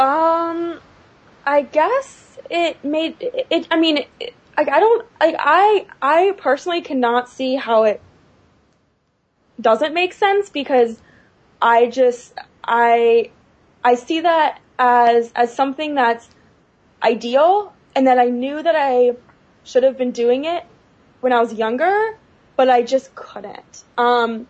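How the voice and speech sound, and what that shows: An adult woman who stutters speaks in short bursts with frequent pauses, one over a second long. She repeats "I" several times, stretches sounds, and starts words with hard glottal catches and "um" fillers. These repetitions, prolongations and blocks fit developmental stuttering, which she long hid by avoiding talking, so people thought she was shy.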